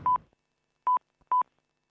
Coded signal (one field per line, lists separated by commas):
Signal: speaking clock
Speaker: at the third stroke the time will be 6:00 and 20 seconds